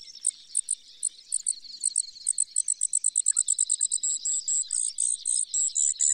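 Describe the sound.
Brewer's sparrow singing a long series of high, thin trilled notes that speed up and then slow into longer buzzy pulses.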